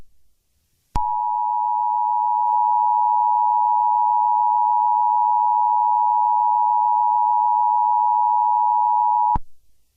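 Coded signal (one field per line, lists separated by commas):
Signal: Emergency Alert System (SAME) tones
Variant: 853 and 960 Hz attention tone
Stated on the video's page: Fictional Mario-themed EAS scenario, simulated alert based on a fanfic.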